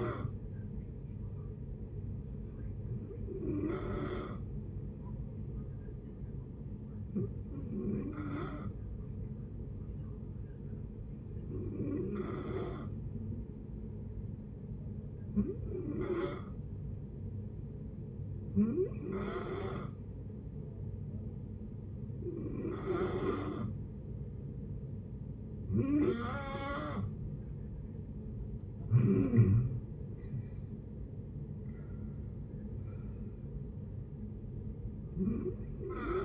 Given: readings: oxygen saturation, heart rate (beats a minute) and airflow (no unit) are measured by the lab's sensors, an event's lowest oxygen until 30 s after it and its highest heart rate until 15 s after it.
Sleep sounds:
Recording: breathing in sleep by a smartphone at the bedside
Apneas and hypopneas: 1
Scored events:
4.00-26.20 s: hypopnea (N2, oxygen 93% highest, then 89% lowest)
24.00-36.24 s: new sleep stage, N1 (lightest sleep)
From the record:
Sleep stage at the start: N2 (light sleep)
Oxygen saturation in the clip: 89 to 93%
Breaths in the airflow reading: 10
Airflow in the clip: -9.3 to 12.0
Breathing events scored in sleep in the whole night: 496 in 5.4 hours asleep

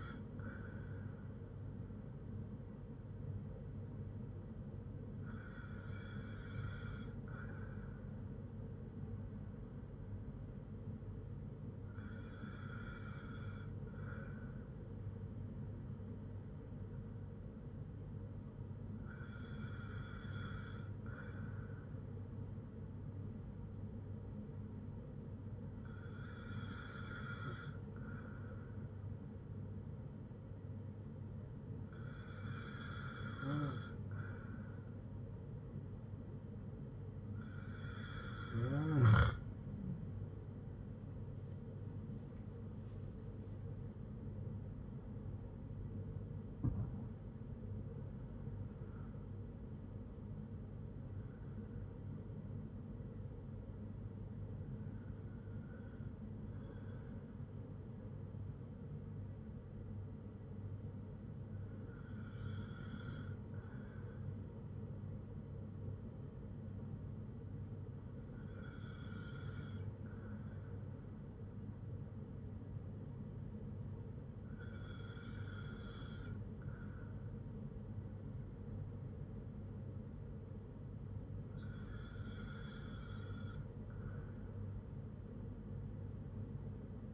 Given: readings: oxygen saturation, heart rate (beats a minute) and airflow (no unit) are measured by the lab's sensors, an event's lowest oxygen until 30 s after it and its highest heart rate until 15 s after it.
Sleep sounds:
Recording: breathing in sleep by a smartphone at the bedside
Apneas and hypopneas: 1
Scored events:
12.00-45.80 s: hypopnea (N2, oxygen 95% highest, then 94% lowest, heart rate 58 at the start, 81 highest)
From the record:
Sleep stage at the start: N2 (light sleep)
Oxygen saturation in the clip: 94 to 96%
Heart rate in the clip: 55 to 81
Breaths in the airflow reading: 14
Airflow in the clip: -4.6 to 6.4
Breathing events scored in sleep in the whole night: 182 in 7.4 hours asleep

